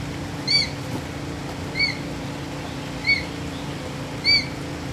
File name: Ornate Hawk Eagle